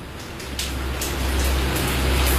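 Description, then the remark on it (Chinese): Light rain patters over a city in a steady, soft hiss, running down roofs and eaves, with faint scattered drops ticking now and then over a low, constant rumble underneath. No one speaks. “雨声淅淅沥沥的下，那个音符就好像雨滴的那个流淌一样，它像是我们一个雨季的家园。”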